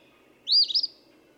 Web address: songs Eastern Phoebe